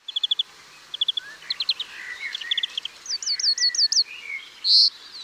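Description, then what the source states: European Greenfinch song: quick trilled chirps and buzzy twitters in short bursts, then a run of repeated rising notes and a final harsh wheezy note near the end. Song described as 'Gückegück' followed by a rising 'Du'; a blackbird is audible in the background.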